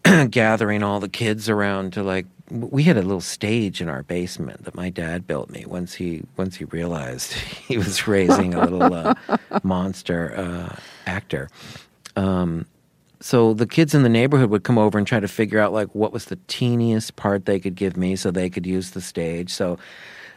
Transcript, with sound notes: gathering all the kids around to, like - we had a little stage in our basement that my dad built me once he realized he was raising a little...
(Laughter).
...Monster actor. So the kids in the neighborhood would come over and try to figure out, like, what was the teeniest part they could give me so they could use the stage.